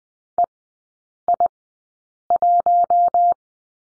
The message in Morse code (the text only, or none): EI1